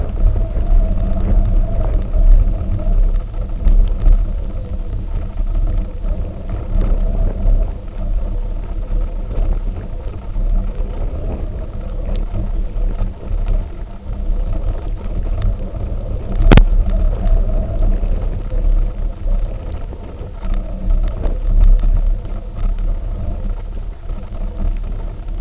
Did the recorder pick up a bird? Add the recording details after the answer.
yes. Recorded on Arctic tundra, site UTQI-0, on 19 June 2018. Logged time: 02:00